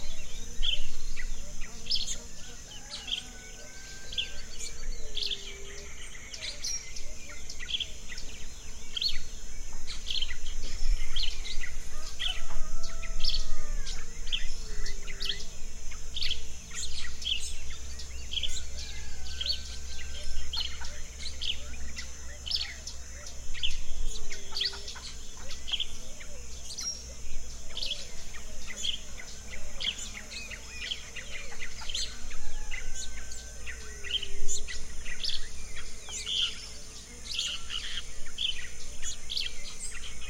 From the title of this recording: April Sunrise in the Orchard